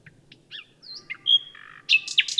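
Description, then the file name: Common nightingale song: a short jumble of varied whistles and slurred notes ending in loud harsh chirps, with faint low background noise. "Luscinia megarhynchos"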